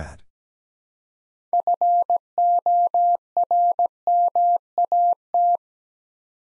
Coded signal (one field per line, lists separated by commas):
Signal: Morse code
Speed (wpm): 17 wpm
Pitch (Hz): 700 Hz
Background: none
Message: FORMAT